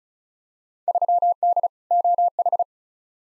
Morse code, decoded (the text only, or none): 3D OH